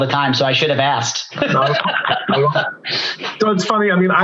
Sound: laughter